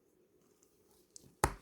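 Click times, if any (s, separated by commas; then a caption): 1.4 s. While assembling a Kyosho MP10 1/8 nitro RC car, the larger plastic piece is pressed by hand onto its mating part. After a quiet stretch with faint small ticks near 0.6 and 1.2 seconds, a sharp, loud snap comes at 1.4 seconds, and the part seats together.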